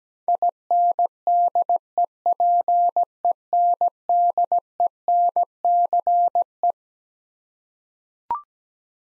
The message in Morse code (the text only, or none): INDEPENDENCE